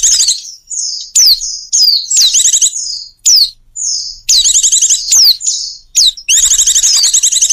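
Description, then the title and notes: Bird calls: shrill downslurred whistles mixed with quick buzzy trills, repeated in irregular bursts. Bird lure sounds used to attract stubborn, hard-to-approach birds. "Suara Burung Bandel Yang Susah Mendekati. Kompilasi Suara Pikat Burung"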